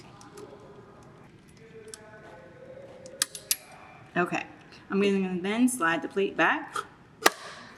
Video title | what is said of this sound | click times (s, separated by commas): Juki Industrial Straight Stitch Threading & Bobbin Loading | until I hear it click | 3.2 s